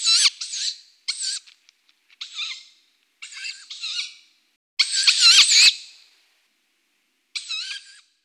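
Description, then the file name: Tawny owl young giving a run of wheezy, scratchy hissing calls in irregular bursts, some short and clipped, one longer and louder after the middle. "Strix-aluco hlas-mláďat"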